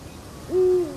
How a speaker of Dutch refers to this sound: Dit is geluid. Oh, geluid is zo prachtig. Je hoort over de vogel. Hij roept. Ja? Ik hoor hem.